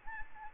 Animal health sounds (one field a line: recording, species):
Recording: mosquito wingbeat signal from an infrared sensor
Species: Anopheles gambiae